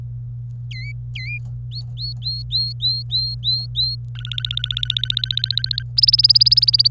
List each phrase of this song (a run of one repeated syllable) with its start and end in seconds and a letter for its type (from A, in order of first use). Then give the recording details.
0.71-1.38 A, 1.71-3.95 B, 4.15-5.83 C, 5.97-6.88 D. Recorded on 25 April 2018 at 14:01. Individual llb3